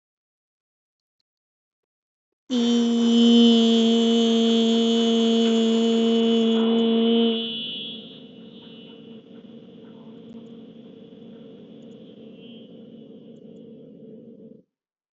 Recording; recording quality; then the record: sustained vowel as in beet; excellent, no background noise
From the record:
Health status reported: healthy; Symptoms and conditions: hypertension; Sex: female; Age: 36 years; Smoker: not ticked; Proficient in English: yes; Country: India